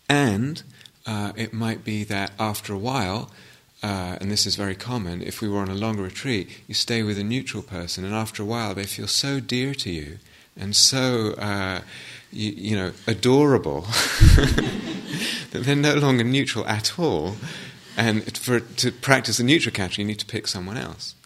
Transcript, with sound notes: And it might be that after a while, and this is very common, if we were on a long retreat, you stay with a neutral person, and after a while, they feel so dear to you, and so adorable... [laughter] that they're no longer neutral at all. And to practise the neutral category you need to pick someone else.